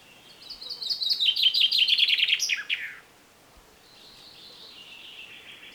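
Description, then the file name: Common chaffinch song: a loud, fast series of notes tumbling downward in pitch and ending with an emphatic flourish, then a fainter song. "Fringilla coelebs"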